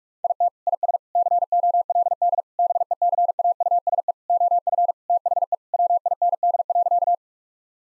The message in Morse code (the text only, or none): IT IS COLD BECAUSE OF THE WIND.